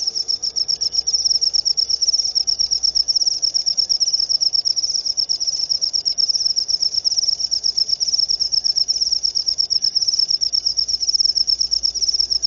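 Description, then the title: Cricket trill: a long, even, high-pitched pulsing buzz that never pauses, over a low, steady background rumble. Loud cricket chirping (ngerik), played to make lovebirds sing continuously (ngekek). "Suara JANGKRIK NGERIK Keras Bikin LOVEBIRD Jadi NGEKEK Terus Vubey"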